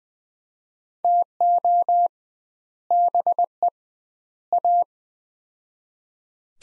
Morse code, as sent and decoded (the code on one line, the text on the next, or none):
- --- / -... . / .-
TO BE A